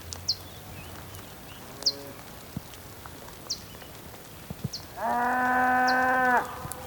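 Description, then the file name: Bull gives a loud, steady bellowing moo near the end, held for over a second; brief high-pitched bird chirps recur all through. Bulls on the Patagonian plain, with birds. "felix blume ambience patagonian plain bulls birds rain"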